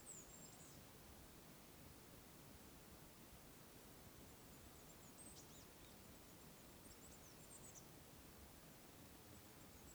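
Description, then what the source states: Bird calls, a high thin note at the start, then scattered squeaky twittering bursts with downward flicks, all set against a continuous hiss. Wild birds calling in the wild bird forest at Oneyama.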